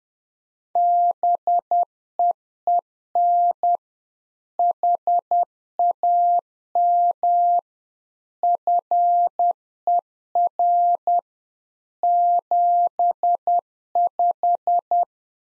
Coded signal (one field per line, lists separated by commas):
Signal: Morse code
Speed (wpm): 10 wpm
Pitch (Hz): 700 Hz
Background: none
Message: BEEN HAM FER 75